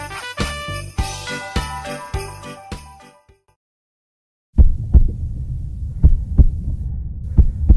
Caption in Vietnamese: Đây là âm thanh của nhịp tim từ một người tài xế xe bus. Sau khi họ bị mắng chửi, bị xúc phạm.